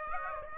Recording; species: mosquito wingbeat signal from an infrared sensor; Aedes aegypti